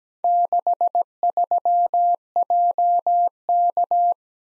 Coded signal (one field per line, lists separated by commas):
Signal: Morse code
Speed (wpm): 20 wpm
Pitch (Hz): 700 Hz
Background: none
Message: 63JK